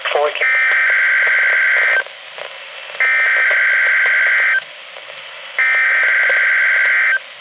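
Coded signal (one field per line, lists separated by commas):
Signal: Emergency Alert System (SAME) tones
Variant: header bursts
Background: speech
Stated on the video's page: NOAA Weather Radio weekly test from NWS Spokane via transmitter in Wenatchee, received on a Reecom R-1630 weather radio.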